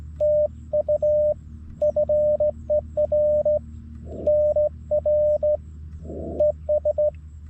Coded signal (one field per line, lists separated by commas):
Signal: Morse code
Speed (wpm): 16 wpm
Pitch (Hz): 590 Hz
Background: radio noise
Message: TU FER NR ES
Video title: QRS CW POTA on a straight key at Taughannock Falls State Park